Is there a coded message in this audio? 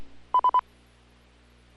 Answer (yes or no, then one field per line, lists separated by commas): no